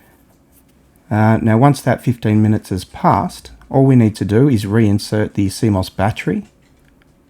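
Someone talks while getting ready to reinsert a CMOS coin cell battery into its holder on a motherboard, after waiting for the power to drain. Only faint, quiet ticks are heard near the start and end. The battery has not clicked into place yet.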